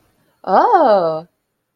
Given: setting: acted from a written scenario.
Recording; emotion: vocal sound without words; positive surprise